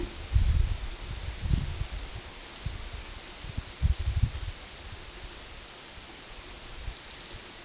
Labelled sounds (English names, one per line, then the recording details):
none
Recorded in pastures near Puerto Asís, Putumayo, Colombia, on 18 February 2024 at 12:30
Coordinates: 0.468, -76.328
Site G6414